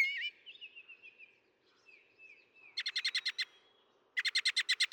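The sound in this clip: Northern mockingbird song, a faint thin whistled trill, then two loud bursts of rapid repeated buzzy notes.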